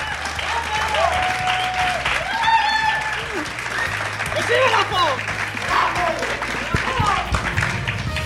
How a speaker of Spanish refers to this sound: Y lo dicho, igual que hicimos el año pasado, que no se crea la gente que esto estamos aquí dos mataos, por favor, aplaudid un poco, solo que se note la presencia.